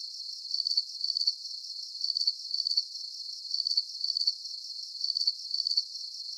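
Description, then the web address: Insect chirping with bright trilled pulses arriving in regular pairs over a thin background hiss. Night-time background of insect chirping. "Sound Effects-SFXBible Insect-Chirping-Bed-Background-Night"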